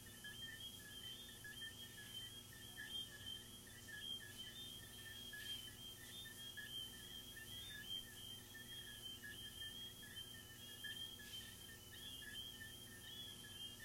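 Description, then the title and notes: Crickets trilling continuously, a lower chirp pulsing along, and a couple of faint brief sounds over a quiet hiss. Crickets recorded in the recordist's garden, presented as relaxing ASMR. "These are relaxing asmr crickets from my garden"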